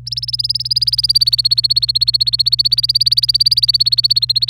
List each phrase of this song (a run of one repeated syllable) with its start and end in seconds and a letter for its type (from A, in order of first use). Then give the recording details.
0.06-4.49 A. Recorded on 26 April 2018 at 05:57. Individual llb3